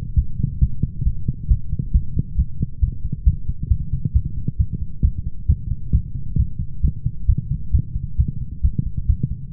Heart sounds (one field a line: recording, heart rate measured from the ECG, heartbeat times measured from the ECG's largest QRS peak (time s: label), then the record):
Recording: heart sounds by stethoscope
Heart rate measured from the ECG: 134 bpm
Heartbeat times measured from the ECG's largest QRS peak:
0.16 s: heartbeat
0.60 s: heartbeat
1.04 s: heartbeat
1.48 s: heartbeat
1.92 s: heartbeat
2.36 s: heartbeat
2.80 s: heartbeat
3.25 s: heartbeat
3.69 s: heartbeat
4.13 s: heartbeat
4.58 s: heartbeat
5.02 s: heartbeat
5.47 s: heartbeat
5.92 s: heartbeat
6.37 s: heartbeat
6.82 s: heartbeat
7.27 s: heartbeat
7.72 s: heartbeat
8.17 s: heartbeat
8.62 s: heartbeat
9.07 s: heartbeat
9.53 s: heartbeat
From the record:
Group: healthy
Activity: light exercise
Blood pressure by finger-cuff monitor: 182/100 mmHg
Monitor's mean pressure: 120 mmHg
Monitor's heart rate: 134 bpm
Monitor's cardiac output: 12.4 L/min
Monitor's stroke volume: 92 mL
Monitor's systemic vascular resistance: 730 dyn s/cm5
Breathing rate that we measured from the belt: 32 breaths a minute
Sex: male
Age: 24 years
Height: 184 cm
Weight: 89 kg